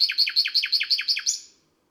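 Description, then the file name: Nightingale song phrase of about eight rapid, loud, repeated descending chips, delivered evenly within under two seconds, the last note trailing off. Recorded on a May night. "Un rossignol enregistre une nuit de mai"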